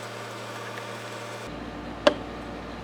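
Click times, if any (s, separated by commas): 2.1 s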